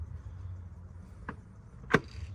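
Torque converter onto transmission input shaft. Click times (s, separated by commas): 1.9 s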